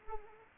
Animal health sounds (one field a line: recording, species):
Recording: mosquito wingbeat signal from an infrared sensor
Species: Anopheles arabiensis